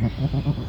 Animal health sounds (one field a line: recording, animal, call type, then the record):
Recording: contact call of a hoofed animal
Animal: goat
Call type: low-frequency (closed-mouth) or high-frequency (open-mouth) call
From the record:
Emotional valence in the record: negative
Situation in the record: short social isolation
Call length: 0.68 s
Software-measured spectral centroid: 1410 Hz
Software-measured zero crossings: 740 a second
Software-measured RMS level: -23 dBFS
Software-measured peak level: -11 dBFS